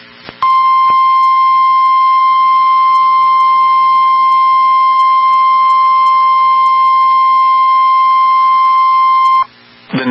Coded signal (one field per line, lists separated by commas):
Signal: Emergency Alert System (SAME) tones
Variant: 1050 Hz attention tone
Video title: #eas 18 Tornado warning for fargo north dakota on wxk42￼